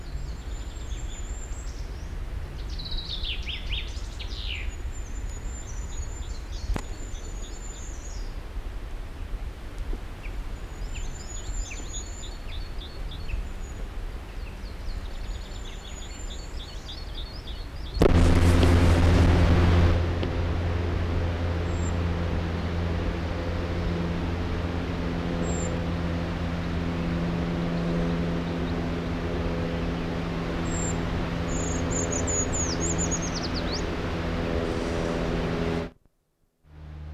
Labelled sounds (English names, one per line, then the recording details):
Eurasian Treecreeper
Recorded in the wild
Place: Garmisch-Partenkirchen, Bayern, DE
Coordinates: 47.4975, 11.1294
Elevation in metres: 993
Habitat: mountains
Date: 1980-03-29
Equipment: Uher 4000 Report, Sennheiser MKH 815 T
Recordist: Tretzel, Erwin